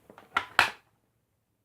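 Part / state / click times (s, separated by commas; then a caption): handheld vacuum unit into the 2-in-1 stick vacuum body / seated / 0.6 s. The handheld unit of a Black and Decker 2-in-1 Smart Tech vacuum is pushed into the stick vacuum body. A few faint taps at 0.1 s and 0.2 s and a louder knock at 0.4 s lead up to a sharp, loud click at 0.6 s. The handheld unit seats in place, and the clip then falls quiet.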